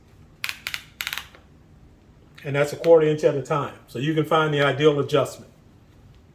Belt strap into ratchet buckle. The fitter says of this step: you just basically slide it in there and you'll hear the clicks.